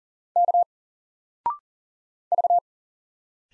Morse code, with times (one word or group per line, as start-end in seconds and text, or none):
0.4-0.6 K
2.3-2.6 V